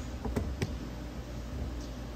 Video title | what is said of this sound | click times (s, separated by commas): We Show You How-4500HP SMX Cylinder Heads - Part 1 | and then the machine locks in place so that's what you're here and there is the Locking | 0.6 s